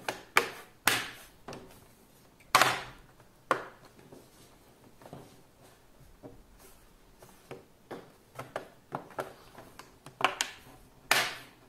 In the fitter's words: can put the back cover you can push firmly you're gonna hear it click now